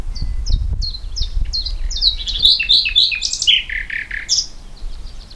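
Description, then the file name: Common nightingale song: a series of sharp high notes building into louder rich phrases, over a low background rumble. "Luscinia megarhynchos"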